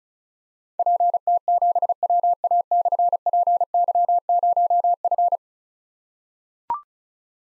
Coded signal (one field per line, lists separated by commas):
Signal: Morse code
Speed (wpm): 36 wpm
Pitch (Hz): 700 Hz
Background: none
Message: PT7WA/PY0F